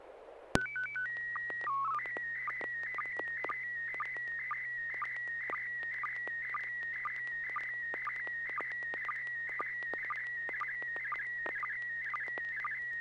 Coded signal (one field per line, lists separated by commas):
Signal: SSTV (slow-scan television)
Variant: PD 120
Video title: N6NA SSTV Net - 09/13/2023